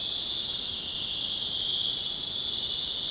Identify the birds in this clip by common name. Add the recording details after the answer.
none. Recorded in secondary vegetation near Puerto Asís, Putumayo, Colombia, on 19 February 2024 at 02:30. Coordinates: 0.472, -76.331. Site G6371